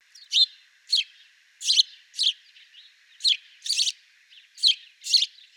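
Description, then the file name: House sparrow giving about eight sharp, buzzy chirps at irregular intervals, with a few faint softer notes between. "Passer domesticus"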